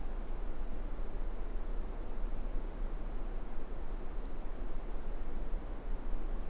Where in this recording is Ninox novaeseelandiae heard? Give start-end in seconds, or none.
none